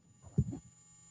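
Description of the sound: A steady, deep electrical hum runs through the whole second, with a brief louder low thump-like surge near the middle. This is electromagnetic interference from a left ventricular assist device, the implanted heart pump, picked up when a dynamic microphone is held too close to it.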